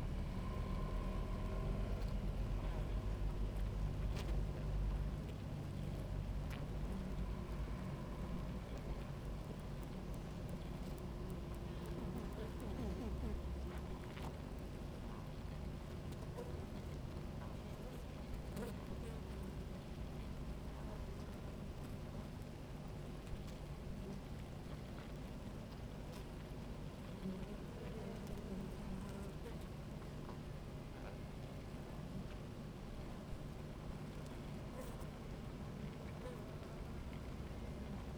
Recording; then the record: honeybee colony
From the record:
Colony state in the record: active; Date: 28 July 2017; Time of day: 17:04